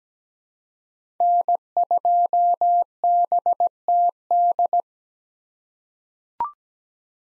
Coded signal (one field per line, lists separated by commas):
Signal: Morse code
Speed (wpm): 17 wpm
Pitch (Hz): 700 Hz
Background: none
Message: N2BTD